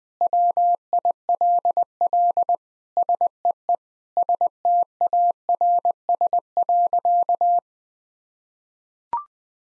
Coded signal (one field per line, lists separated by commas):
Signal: Morse code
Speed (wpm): 20 wpm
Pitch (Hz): 700 Hz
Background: none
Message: WILL SEE STARS.